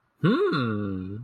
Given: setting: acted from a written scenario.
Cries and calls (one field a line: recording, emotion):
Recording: vocal sound without words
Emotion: interest